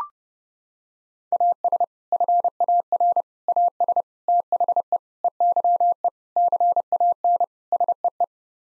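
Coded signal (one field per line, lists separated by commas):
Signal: Morse code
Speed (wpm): 31 wpm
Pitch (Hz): 700 Hz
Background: none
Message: AS FAR AS THE EYE CAN SEE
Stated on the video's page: Morse head-copy drill of seven-word common phrases at 30 wpm, each set sent, spoken, then sent again.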